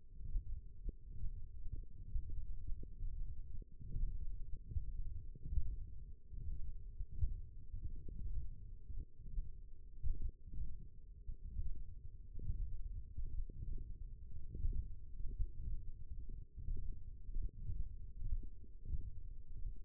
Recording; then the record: forearm muscle sounds (acoustic myography)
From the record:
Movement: thumb flexion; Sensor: system 1, eight BSWA MPA416 microphones around the upper forearm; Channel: 2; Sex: male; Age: 42 years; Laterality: right